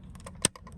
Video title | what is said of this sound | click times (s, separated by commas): 2019+ Ram Interior LED Upgrade By Lasfit | click it into place and the bigger one same thing push till it clicks | 0.5 s